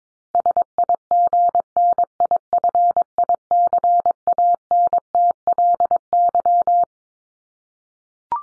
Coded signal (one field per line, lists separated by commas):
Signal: Morse code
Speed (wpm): 22 wpm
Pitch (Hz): 700 Hz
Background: none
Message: SIGNIFICANTLY